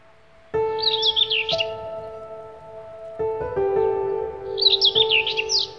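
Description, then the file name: Bird with two fast, high warbling phrases a few seconds apart, heard against layered, steady synthesizer tones. "Bird Song Group - Chirping"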